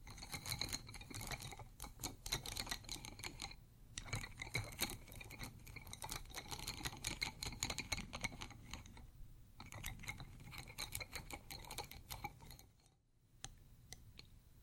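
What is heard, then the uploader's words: Pencils and metal studs clatter against ceramic in dense, bright clinks and rattles, with brief pauses near four, nine and thirteen seconds. ASMR 3 EXTREMELY TINGLY ITEMS（No Talking） pencils, studs, ceramic.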